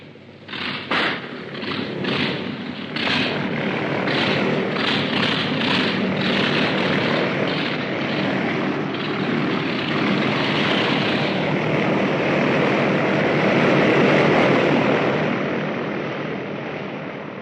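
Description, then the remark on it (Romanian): A propeller airplane engine, started after the wheel chocks are removed, coughs and sputters to life in a few uneven bursts, then catches and settles into a loud, steady drone that swells as it revs up to 2000 rpm. “Dar greu s-a mai urnit. Ia-te, uite, 2000 de turații.”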